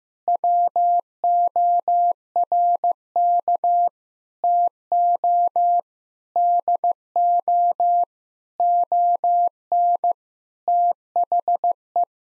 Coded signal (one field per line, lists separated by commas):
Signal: Morse code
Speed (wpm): 15 wpm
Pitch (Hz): 700 Hz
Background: none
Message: WORK TO DO ON THE